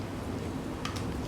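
A fuel pump assembly component for a 2004 Kia Rio is pushed into the fuel pump and filter housing. A short, sharp tick at 0.8 s stands out over a steady low background hum, with a fainter tick following just after. The part clicks in and is seated.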